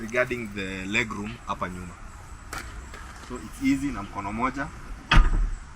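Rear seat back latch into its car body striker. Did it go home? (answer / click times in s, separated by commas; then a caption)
yes / 5.1 s. Someone talks while the folded rear seat back of a Neta V / Neta Aya car is lifted with one hand and pushed upright. At 5.1 s the seat-back latch engages its car body striker with a sharp clunk, locking the seat upright.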